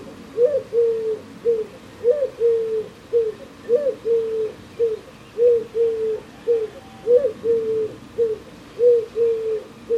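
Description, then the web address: Bird calling with low coos grouped into repeated phrases, regular and continuous across the whole stretch. "Deverinetal 2025 File origin Bird Only"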